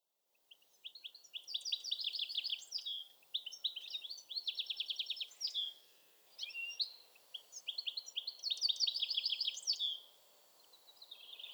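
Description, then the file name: European goldfinch twittering in repeated bursts of rapid, liquid, tinkling notes, several phrases separated by short pauses. "Carduelis carduelis"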